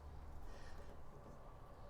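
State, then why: Not seated. The hood of a Fisker Ocean, opened to reach the 12 V battery for a jump start, is being lifted evenly by its edges toward the point where the support latch should catch. Only a steady low rumble and broadband noise are heard, with no sharp transients. The hood support latch has not clicked into place yet.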